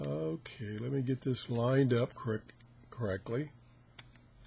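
Someone talks while realigning a flashlight's tight-fitting battery compartment cover and pressing it back into the flashlight body. A sharp, short click is heard at 4.0 s as the cover snaps home and is seated, fitting so tightly that its seam cannot be seen.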